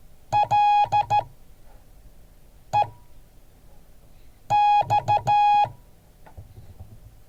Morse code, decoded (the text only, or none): LEX